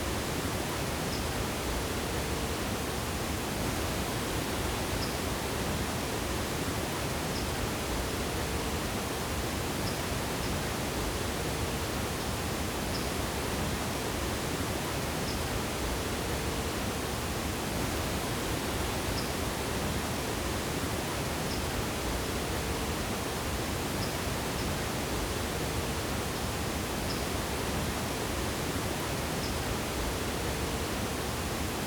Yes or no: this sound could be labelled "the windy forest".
yes